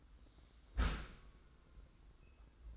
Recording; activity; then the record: daily activity, microphone in the room; close dishwasher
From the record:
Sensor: 3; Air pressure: 990.4 hPa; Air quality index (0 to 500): 195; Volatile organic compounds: 1000 ppm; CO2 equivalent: 6381 ppm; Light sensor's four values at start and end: 40/95/39/36 and 40/95/39/36